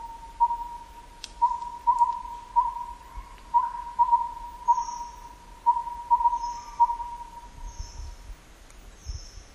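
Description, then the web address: Collared owlet giving soft, whistled hoots on one steady pitch, single and paired notes in a repeated rhythmic series. Recorded at Na Hin, Laos. "Laos George Wagner Collared Owlet Na Hin"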